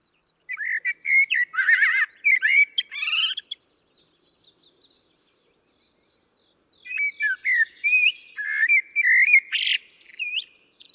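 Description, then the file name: Common blackbird singing: two bursts of rich, warbled fluting phrases with squeaky high twitters at their ends, separated by a run of faint, thin, high notes. "Turdus merula"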